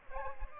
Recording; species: mosquito wingbeat signal from an infrared sensor; Aedes aegypti